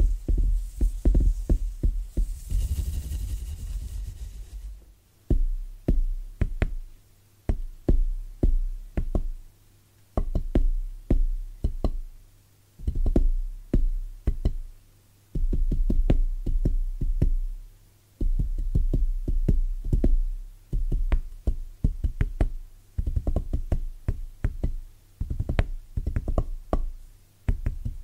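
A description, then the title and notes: Soft, bassy tapping in quick rhythmic bursts with short pauses, a brief rustling scrape near the start, and a low steady hum underneath. ASMR Rhythmic Tapping Bassy & Soft （No Talking）.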